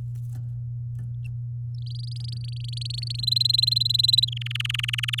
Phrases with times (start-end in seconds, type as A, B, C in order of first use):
1.86-3.16 A, 3.19-4.25 B, 4.27-5.20 C